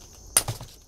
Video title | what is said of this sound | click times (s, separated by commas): Full Installation of Mini Split Ductless Unit, Step by Step! | and then you'll hear a click | 0.4 s